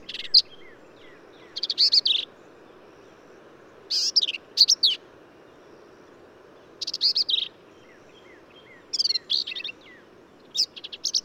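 Black-capped vireo song: short bursts of harsh, squeaky and buzzy high notes in varied phrases, separated by short pauses, over faint low background hiss.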